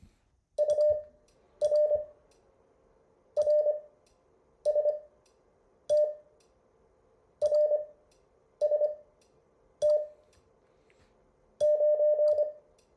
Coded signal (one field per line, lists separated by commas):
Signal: Morse code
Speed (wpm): 25 wpm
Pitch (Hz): 600 Hz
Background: none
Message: UR RST RST 9